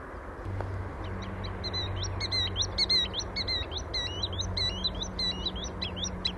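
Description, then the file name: Green sandpiper calling in rapid, uneven series of clear rising whistles, several notes overlapping, with a constant low droning hum underneath. Recorded 12 April 2015 at the Plattling settling ponds. "Waldwasserlaeufer 12 04 2015 Plattling Klaerteiche Susanne Rieck"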